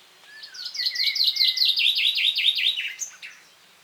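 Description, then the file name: Common chaffinch song: a rapid run of many sharp, repeated notes, closing with a brief flourish near three seconds; otherwise quiet. "Fringilla coelebs"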